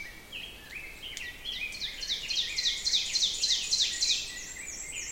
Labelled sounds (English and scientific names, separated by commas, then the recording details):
Ovenbird (Seiurus aurocapilla) song
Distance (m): 30 m
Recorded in boreal forest in Alberta, Canada, on 6 June 2016 at 07:39
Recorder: SongMeter 3, array SBT-3-51
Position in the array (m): 230 m, 137 m
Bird 28